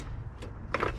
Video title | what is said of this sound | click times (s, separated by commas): 2021 TOYOTA SUPRA JB4 INSTALL *massive gains* (locked ecu) | You hear it click, click, | 0.7 s